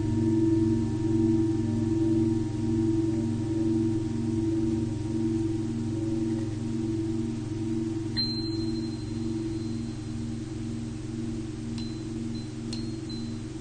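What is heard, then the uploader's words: A Tibetan singing bowl hums steadily in low, pulsing tones, with a brief bright ring near eight seconds and faint clicks around twelve. Tibetan Singiing Bowl のサウンドヒーリングチャンネル LIVE.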